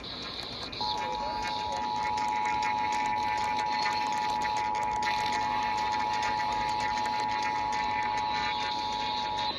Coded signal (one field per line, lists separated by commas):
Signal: Emergency Alert System (SAME) tones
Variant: 853 and 960 Hz attention tone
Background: speech